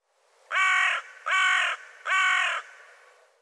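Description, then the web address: Bird calling three loud, hoarse caws in a steady series, each note about half a second, followed by a fading tail. "cianscape birddata Deverinetal 2025"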